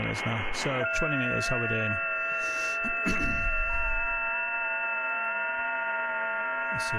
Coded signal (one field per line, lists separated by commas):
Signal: FT8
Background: speech